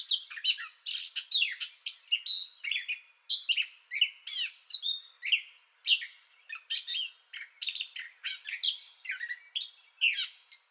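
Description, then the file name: Gray catbird singing continuously, rapid mix of raspy notes and rising and falling squeaky whistles, phrases packed closely together. Song bout already in progress, recorded 30 May 2021. "2021-05-30 Gray Catbird Song Bout Already Going"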